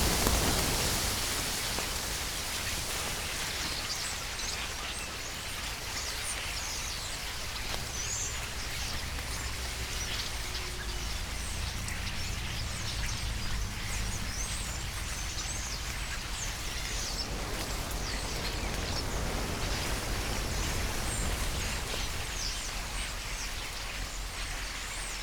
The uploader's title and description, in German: Stare Am Abend. Stare die landen. Einmal zu hunderten, einmal einzeln (einer berührt dabei sogar mein Mikrophon) und sich laut zu unterhalten beginnen.